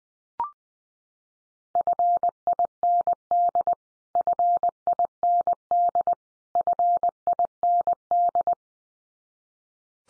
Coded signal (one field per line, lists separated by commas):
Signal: Morse code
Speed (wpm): 20 wpm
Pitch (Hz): 700 Hz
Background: none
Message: FIND FIND FIND